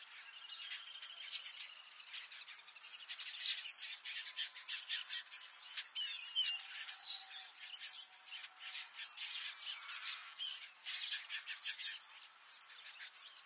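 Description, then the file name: Red-billed quelea song: a dense, continuous chatter of rapid buzzy and squeaky notes, rising and falling in loudness throughout. "Canto do quelea de bico vermelho"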